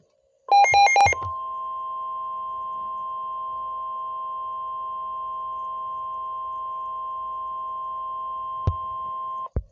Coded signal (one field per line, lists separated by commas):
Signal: Emergency Alert System (SAME) tones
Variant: 1050 Hz attention tone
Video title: (NOT ONGOING) EAS Severe T-Storm Warning in Western Massachusetts!